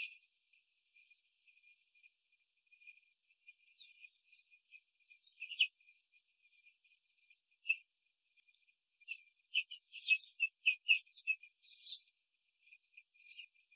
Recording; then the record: young laying hens in a cage, short pieces joined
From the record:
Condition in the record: control cage, after the stress test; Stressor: none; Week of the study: 4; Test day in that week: 3